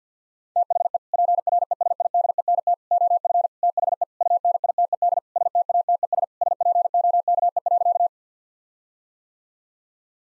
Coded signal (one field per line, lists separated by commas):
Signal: Morse code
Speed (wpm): 50 wpm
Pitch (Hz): 700 Hz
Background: none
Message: THE PRESIDENT OF THE UNITED STATES SPOKE.